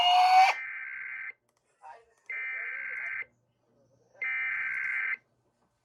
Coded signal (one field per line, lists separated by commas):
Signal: Emergency Alert System (SAME) tones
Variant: header bursts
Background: speech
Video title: EAS 1298: Arizona Amber Alert